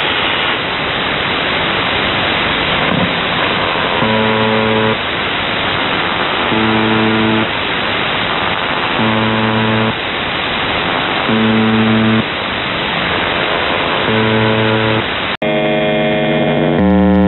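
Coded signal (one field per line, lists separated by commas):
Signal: channel marker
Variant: UVB-76 (The Buzzer)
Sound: five short low harmonic buzzes about 2.4 seconds apart over hiss, then different tone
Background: radio static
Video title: The Buzzer/UVB-76(4625Khz) April 10th, 2023 Voice messages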